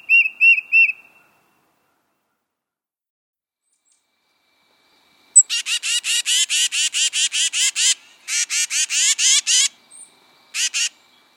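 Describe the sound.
Tufted titmouse giving three short whistles, then long bursts of harsh, raspy, rapidly repeated scolding notes with brief gaps between the series.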